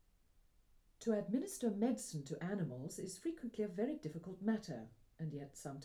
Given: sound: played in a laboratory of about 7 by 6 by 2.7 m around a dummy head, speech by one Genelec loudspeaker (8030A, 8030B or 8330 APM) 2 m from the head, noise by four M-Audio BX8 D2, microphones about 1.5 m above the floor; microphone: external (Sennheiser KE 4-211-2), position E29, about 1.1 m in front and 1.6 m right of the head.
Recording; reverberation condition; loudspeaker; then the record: female speech in English; low; 30 degrees to the right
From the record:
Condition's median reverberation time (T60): about 310 ms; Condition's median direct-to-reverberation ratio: about 3.5 dB